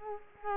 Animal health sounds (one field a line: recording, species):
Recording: mosquito wingbeat signal from an infrared sensor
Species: Culex quinquefasciatus